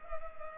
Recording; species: mosquito wingbeat signal from an infrared sensor; Culex pipiens